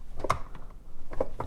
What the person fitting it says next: you hear it pop in there right